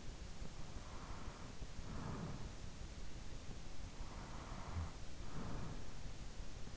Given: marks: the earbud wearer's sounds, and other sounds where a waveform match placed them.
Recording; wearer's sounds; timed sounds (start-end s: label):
sounds in sleep by an in-ear microphone; breath
0.39-2.94 s: breath
3.70-6.16 s: breath